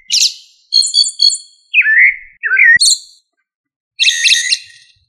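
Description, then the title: Thrush singing a few varied phrases: a high ringing note, a buzzy triple, descending whistled slurs, then a harsh rattling phrase after a brief pause. "Familia Turdidae - Sabia"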